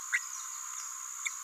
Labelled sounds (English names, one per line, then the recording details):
Green-rumped Parrotlet babbling
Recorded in a nest box in Venezuela
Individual 18B17A3